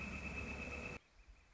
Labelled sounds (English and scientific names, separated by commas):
Northern Flicker (Colaptes auratus)